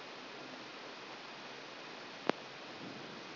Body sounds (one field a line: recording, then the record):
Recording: brain microelectrode recording played as sound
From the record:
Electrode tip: outside the subthalamic nucleus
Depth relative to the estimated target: 4 mm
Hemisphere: left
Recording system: AlphaMap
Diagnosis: Parkinson's disease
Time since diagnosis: 10 years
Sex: female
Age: 63 years